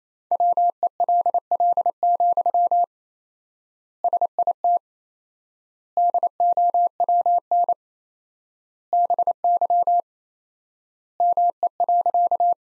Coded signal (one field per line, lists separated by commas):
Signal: Morse code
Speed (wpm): 28 wpm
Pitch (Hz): 700 Hz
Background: none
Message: WELL, SIT DOWN BY ME.